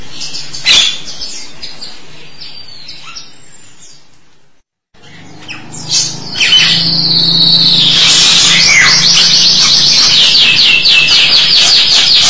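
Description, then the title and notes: Starling song: soft scattered notes, a short pause, then loud, rapid, evenly repeated buzzy trilled notes that continue to the end. "suara burung jalak"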